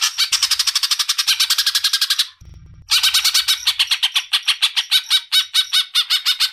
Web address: suara burung cucak ijo